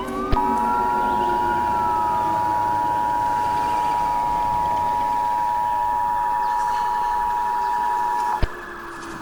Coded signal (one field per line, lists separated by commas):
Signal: Emergency Alert System (SAME) tones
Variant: 853 and 960 Hz attention tone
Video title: EAS-ter Scenario: Hatched from Hell (PART 1) (kinda late)